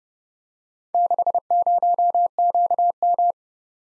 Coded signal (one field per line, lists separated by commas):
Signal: Morse code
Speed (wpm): 30 wpm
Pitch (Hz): 700 Hz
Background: none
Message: 60QM